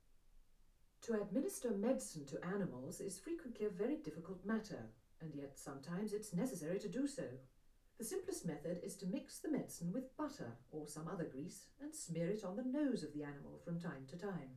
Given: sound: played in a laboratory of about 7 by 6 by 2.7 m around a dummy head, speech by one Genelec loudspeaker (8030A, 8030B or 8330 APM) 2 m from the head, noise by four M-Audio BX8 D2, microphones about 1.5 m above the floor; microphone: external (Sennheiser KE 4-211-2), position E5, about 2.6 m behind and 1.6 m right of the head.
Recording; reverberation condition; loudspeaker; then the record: female speech in English; low; 30 degrees to the left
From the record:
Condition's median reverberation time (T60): about 310 ms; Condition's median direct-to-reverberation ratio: about 3.5 dB